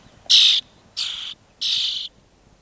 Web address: european starling